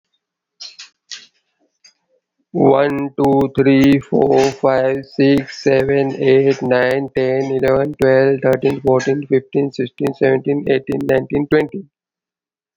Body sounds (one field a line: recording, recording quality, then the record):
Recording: counting at a normal pace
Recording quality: excellent, no background noise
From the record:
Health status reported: COVID-19 positive, no symptoms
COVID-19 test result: positive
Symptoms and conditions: none ticked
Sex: male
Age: 57 years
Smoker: not ticked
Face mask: worn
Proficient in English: yes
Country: India